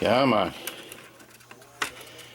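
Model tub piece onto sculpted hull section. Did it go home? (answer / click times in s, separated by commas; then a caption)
yes / 1.8 s. Someone talks while working a model tub piece into position over a sculpted hull section, with a few faint contact taps around 0.9 s and 1.5 s. After some struggle to line it up, a sharp contact sound at 1.8 s marks the tub piece dropping into place and seating over the sculpted section.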